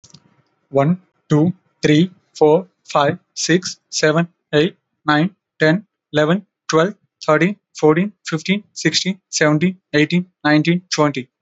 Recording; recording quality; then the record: counting at a normal pace; excellent, no background noise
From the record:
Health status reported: healthy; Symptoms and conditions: none ticked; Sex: male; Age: 28 years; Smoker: not ticked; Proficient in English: yes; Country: India